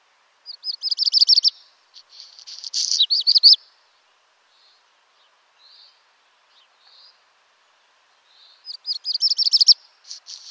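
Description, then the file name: Black redstart song: rattling high notes, then a rough crackling segment with tinkling notes, a quiet spell with a few soft faint notes, then another rattling song begins. "Rouge queue noir"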